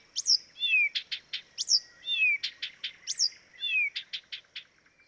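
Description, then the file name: Blyth's reed warbler repeating a phrase roughly every second and a half: a rising-falling whistle, a descending slur, then a few hard clicks. "life dviete. acrocephalus dumetorum"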